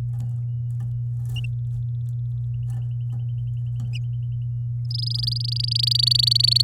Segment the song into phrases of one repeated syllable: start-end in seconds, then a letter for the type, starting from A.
4.90-6.62 A